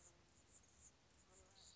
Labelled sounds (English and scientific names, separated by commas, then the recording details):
Anna's Hummingbird (Calypte anna)
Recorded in Sonoma County, California